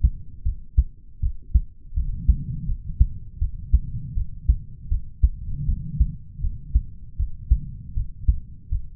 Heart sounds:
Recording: heart sounds by stethoscope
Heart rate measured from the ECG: 80 bpm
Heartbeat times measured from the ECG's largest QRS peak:
0.43 s: heartbeat
1.20 s: heartbeat
1.93 s: heartbeat
2.66 s: heartbeat
3.38 s: heartbeat
4.14 s: heartbeat
4.88 s: heartbeat
5.65 s: heartbeat
6.40 s: heartbeat
7.16 s: heartbeat
7.93 s: heartbeat
8.69 s: heartbeat
From the record:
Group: healthy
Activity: rest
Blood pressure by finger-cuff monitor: 95/68 mmHg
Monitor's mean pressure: 76 mmHg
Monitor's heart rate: 80 bpm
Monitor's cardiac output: 6.1 L/min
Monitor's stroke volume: 77 mL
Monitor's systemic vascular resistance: 890 dyn s/cm5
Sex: male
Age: 20 years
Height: 187 cm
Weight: 68.9 kg

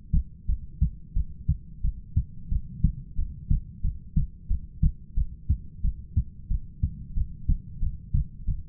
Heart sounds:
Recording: heart sounds by stethoscope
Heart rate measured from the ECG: 90 bpm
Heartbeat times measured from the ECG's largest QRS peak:
0.48 s: heartbeat
1.15 s: heartbeat
1.83 s: heartbeat
2.51 s: heartbeat
3.17 s: heartbeat
3.83 s: heartbeat
4.49 s: heartbeat
5.16 s: heartbeat
5.83 s: heartbeat
6.50 s: heartbeat
7.16 s: heartbeat
7.81 s: heartbeat
8.47 s: heartbeat
From the record:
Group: heart failure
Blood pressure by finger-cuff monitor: 108/68 mmHg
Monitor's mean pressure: 82 mmHg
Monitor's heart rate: 90 bpm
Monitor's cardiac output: 7.7 L/min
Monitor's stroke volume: 85 mL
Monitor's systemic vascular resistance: 770 dyn s/cm5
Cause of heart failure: ischemic heart disease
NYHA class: 1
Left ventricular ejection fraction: 38%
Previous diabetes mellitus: present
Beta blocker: bisoprolol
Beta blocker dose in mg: 15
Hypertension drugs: sacubitril-valsartan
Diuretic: furosemide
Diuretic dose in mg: 20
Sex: male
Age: 33 years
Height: 172 cm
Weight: 78.5 kg

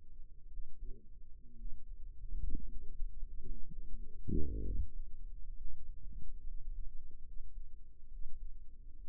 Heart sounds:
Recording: heart sounds by microphone in the right ear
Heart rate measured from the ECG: 63 bpm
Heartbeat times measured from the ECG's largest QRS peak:
0.48 s: heartbeat
1.56 s: heartbeat
2.67 s: heartbeat
3.66 s: heartbeat
4.61 s: heartbeat
5.55 s: heartbeat
6.42 s: heartbeat
7.23 s: heartbeat
8.08 s: heartbeat
9.01 s: heartbeat
From the record:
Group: healthy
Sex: male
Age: 22 years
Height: 181 cm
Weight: 79 kg

